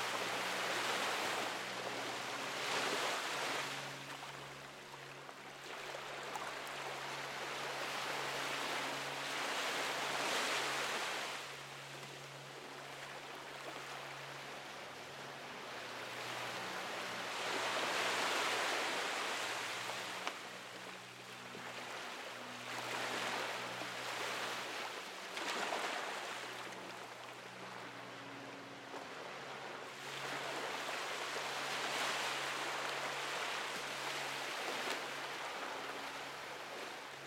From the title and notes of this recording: Calm Ocean Waves. Ocean waves coming to shore while a repeating piano and peaceful chords lull you to sleep.